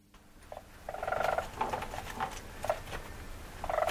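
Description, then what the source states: Weasel call, several short buzzy trilled bursts after a quiet start. Male.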